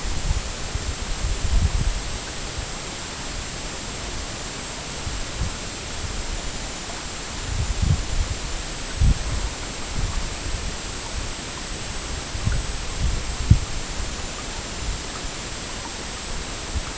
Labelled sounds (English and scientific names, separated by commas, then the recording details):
none
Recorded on Arctic tundra, site EABA-MC, on 22 June 2019
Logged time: 00:00